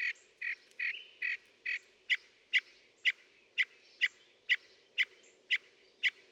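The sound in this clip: Northern mockingbird song: rough notes settle into sharp chips repeated about every half second, with a steady low hum beneath.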